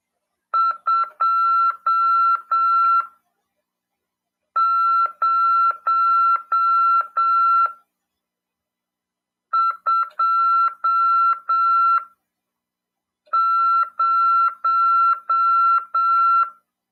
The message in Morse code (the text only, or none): 2020